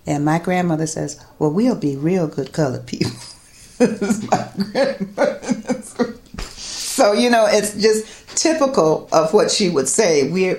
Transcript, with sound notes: and my grandmother says, “Well, we'll be real good colored people.” [laughs] It's just typical of what she would say.